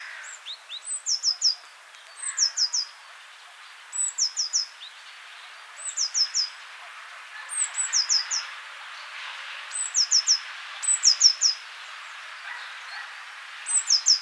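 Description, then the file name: Eurasian blue tit repeating a high, crisp phrase: a thin lead-in note then a fast trill of three or four notes, several phrases in a row. "Cyanistes caeruleus"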